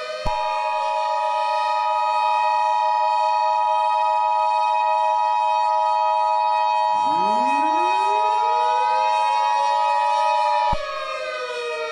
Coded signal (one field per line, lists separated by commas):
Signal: Emergency Alert System (SAME) tones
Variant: 853 and 960 Hz attention tone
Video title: EAS Scenarios #1 - BlazeFN